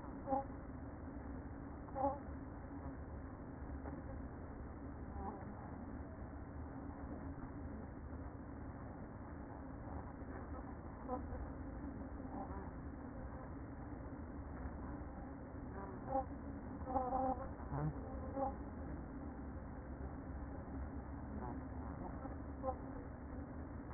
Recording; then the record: honeybee colony, microphone inside the hive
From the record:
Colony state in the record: queen present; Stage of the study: after two queens were removed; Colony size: about 60,000 bees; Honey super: yes